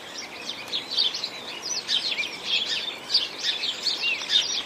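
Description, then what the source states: Sparrows giving rapid overlapping chirps, clustered bursts of high twittering with brief pauses, against a constant soft rushing noise. Sparrows chirping in rain.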